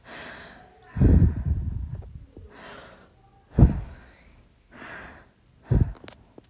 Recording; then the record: deep breathing after running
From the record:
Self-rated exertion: light exertion (2 of 6); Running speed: 5 miles an hour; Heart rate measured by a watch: 86 beats a minute at the start, 88 at the end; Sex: female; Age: 18 years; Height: 167 cm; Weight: 50 kg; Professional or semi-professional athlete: no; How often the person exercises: 1 to 2 times a week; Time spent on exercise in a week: 1 to 2 hours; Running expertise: no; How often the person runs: 1 to 2 times a week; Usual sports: running, walking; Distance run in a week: 1 to 2 km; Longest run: 6 km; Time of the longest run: 34 minutes